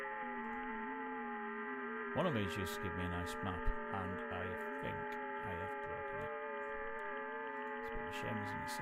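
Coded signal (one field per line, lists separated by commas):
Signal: FT8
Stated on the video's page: FT8 via WSJT-X, hunting European stations, recorded from a livestream.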